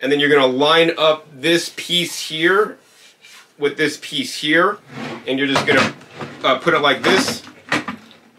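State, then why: Seated. Someone talks while lining up the plastic hopper of a slow masticating juicer with the marks on the juicing bowl, then sets it on and turns it. A sharp click at 7.7 s, followed by two quieter clicks, is heard as the hopper locks into place on the bowl so the pieces form one solid line.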